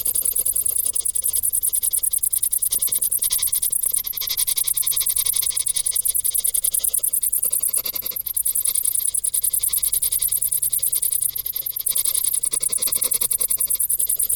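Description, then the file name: Crickets chirping, a dense high-pitched pulsed trill, steady throughout. "Grillen"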